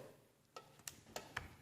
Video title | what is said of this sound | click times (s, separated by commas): Power Mechanics: Toro Engine Disassembly steps 1 - 7 | now it's kind of quiet but it did click | 1.4 s